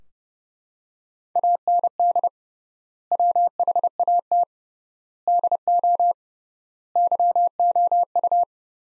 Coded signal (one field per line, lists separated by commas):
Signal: Morse code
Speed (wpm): 32 wpm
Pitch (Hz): 700 Hz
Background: none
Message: AND WHAT DO YOU